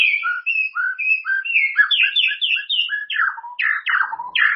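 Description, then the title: White-rumped shama delivering a continuous flowing song of paired whistles, high notes alternating with lower ones, slurring downward toward the end. "murai batu"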